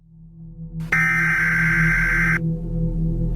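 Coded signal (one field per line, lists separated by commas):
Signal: Emergency Alert System (SAME) tones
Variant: header bursts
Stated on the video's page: Simulated, fictional EAS alert tones recreating a TV broadcast emergency alert for entertainment.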